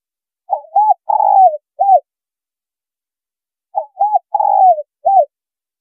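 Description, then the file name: Spotted dove giving two identical four-note coo phrases, short note, arched coo, long falling coo, then a closing arched note. Female bird. "Tieng cu gay mai"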